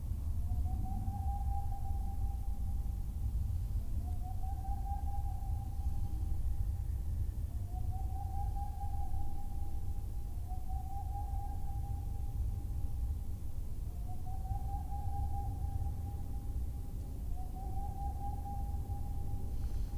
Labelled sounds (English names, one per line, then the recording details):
Boreal Owl
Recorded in the wild
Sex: male
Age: adult
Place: Altsorgefeld, NSG Rochauer Heide, Brandenburg, DE
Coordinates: 51.7806, 13.5439
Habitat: wood
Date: 2007-02-20 17:46
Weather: heiter, 3-4 °C, windstill
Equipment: Sound Devices 702, Sennheiser MKH 70, Windkorb
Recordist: Frommolt, Karl-Heinz
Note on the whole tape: Rufreihen aus Revier 39. Vermutung, dass der Vogel durch Zuschlagen der Autotür animiert wurde. 5 bis 8 Strophen fehlen. Entfernung ca. 150 m